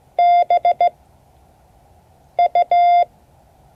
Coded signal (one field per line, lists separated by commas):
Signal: Morse code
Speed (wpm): 15 wpm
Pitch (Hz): 700 Hz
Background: none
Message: B U